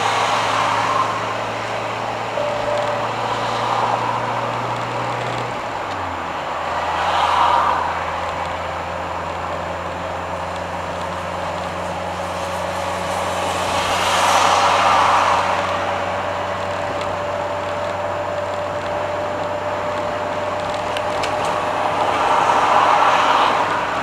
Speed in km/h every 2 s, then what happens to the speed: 56, 57, 59, 60, 61, 63, 63, 68, 67, 68, 70, 71.
0-24 speeds up to 71.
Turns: none.